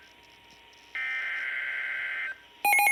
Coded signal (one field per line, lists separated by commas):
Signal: Emergency Alert System (SAME) tones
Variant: header bursts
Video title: EAS #1,408 NOAA Weather Radio (WR-400) PHI Severe Thunderstorm Warning Flag Day 2024 4:41 PM EDT